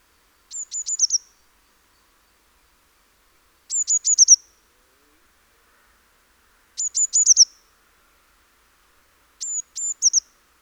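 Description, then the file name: Eurasian blue tit repeating a rapid series of four to five thin, very high notes roughly every three seconds, four bursts in all, with nothing else audible. "Cyanistes caeruleus"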